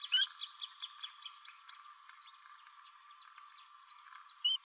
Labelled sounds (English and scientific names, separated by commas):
Green-rumped Parrotlet (Forpus passerinus) babbling